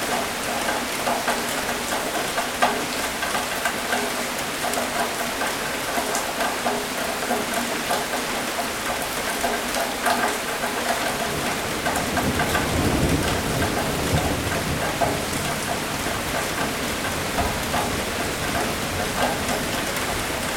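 Steady, dense rain falls throughout, a constant hiss with quick drops pattering. Around the middle, near twelve to fourteen seconds, a low distant rumble of thunder swells and fades beneath the rain, which keeps an even level to the end.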